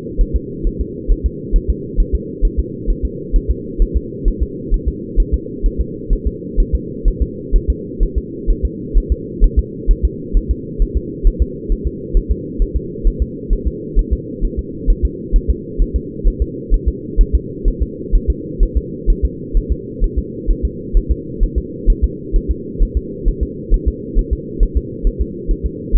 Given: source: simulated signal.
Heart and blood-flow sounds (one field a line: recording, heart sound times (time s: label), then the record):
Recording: fetal heart sounds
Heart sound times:
0.21 s: S1
0.36 s: S2
0.67 s: S1
0.81 s: S2
1.12 s: S1
1.26 s: S2
1.56 s: S1
1.70 s: S2
2.00 s: S1
2.15 s: S2
2.45 s: S1
2.59 s: S2
2.90 s: S1
3.05 s: S2
3.36 s: S1
3.51 s: S2
3.82 s: S1
3.97 s: S2
4.28 s: S1
4.43 s: S2
4.74 s: S1
4.88 s: S2
5.20 s: S1
5.34 s: S2
5.66 s: S1
5.81 s: S2
6.13 s: S1
6.27 s: S2
6.60 s: S1
6.75 s: S2
7.08 s: S1
7.22 s: S2
7.56 s: S1
7.70 s: S2
8.03 s: S1
8.18 s: S2
8.50 s: S1
8.65 s: S2
8.97 s: S1
9.12 s: S2
9.44 s: S1
9.59 s: S2
9.91 s: S1
10.05 s: S2
10.37 s: S1
10.51 s: S2
10.82 s: S1
10.97 s: S2
11.27 s: S1
11.42 s: S2
11.72 s: S1
11.87 s: S2
12.17 s: S1
12.31 s: S2
12.62 s: S1
12.77 s: S2
13.07 s: S1
13.22 s: S2
13.53 s: S1
13.68 s: S2
13.99 s: S1
14.13 s: S2
14.45 s: S1
14.59 s: S2
14.90 s: S1
15.05 s: S2
15.36 s: S1
15.50 s: S2
15.82 s: S1
15.96 s: S2
16.28 s: S1
16.42 s: S2
16.74 s: S1
16.88 s: S2
17.21 s: S1
17.35 s: S2
17.68 s: S1
17.82 s: S2
18.15 s: S1
18.30 s: S2
18.63 s: S1
18.77 s: S2
19.10 s: S1
19.25 s: S2
19.57 s: S1
19.72 s: S2
20.04 s: S1
20.19 s: S2
20.51 s: S1
20.65 s: S2
20.97 s: S1
21.11 s: S2
21.43 s: S1
21.58 s: S2
21.90 s: S1
22.04 s: S2
22.36 s: S1
22.51 s: S2
22.83 s: S1
22.97 s: S2
23.28 s: S1
23.43 s: S2
23.74 s: S1
23.88 s: S2
24.19 s: S1
24.33 s: S2
24.63 s: S1
24.77 s: S2
25.07 s: S1
25.22 s: S2
25.51 s: S1
25.66 s: S2
25.96 s: S1
From the record:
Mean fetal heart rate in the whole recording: 130 bpm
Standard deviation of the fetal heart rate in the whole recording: 2 bpm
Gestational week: 38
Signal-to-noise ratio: -4.1 dB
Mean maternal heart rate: no maternal heart sound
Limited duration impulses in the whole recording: absent